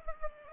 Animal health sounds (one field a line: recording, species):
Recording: mosquito wingbeat signal from an infrared sensor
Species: Culex pipiens